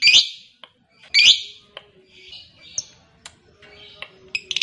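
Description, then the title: Lovebird making scattered harsh squawks and short chirps, irregularly spaced with brief quiet gaps between them. Fighter-type lovebird singing energetically, described as gacor. "SUARA Lovebird FIGHTER GACOR"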